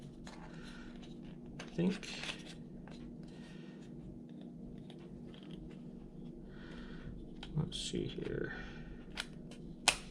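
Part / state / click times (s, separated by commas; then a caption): kickstand into its recess in a phone case / seated / 9.9 s. Someone talks while folding the thin built-in kickstand of a plastic case on a Samsung Galaxy S21 Ultra back into its recess, with faint handling clicks along the way. The kickstand clicks sharply and locks into place at 9.9 s.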